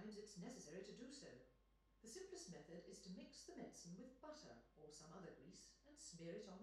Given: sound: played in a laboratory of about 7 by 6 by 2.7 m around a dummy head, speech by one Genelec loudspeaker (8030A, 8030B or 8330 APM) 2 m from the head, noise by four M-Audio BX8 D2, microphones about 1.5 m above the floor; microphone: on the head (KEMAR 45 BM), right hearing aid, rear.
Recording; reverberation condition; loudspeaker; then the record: female speech in English; medium; 30 degrees to the left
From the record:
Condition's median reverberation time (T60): about 510 ms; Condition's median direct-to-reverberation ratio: about -0.5 dB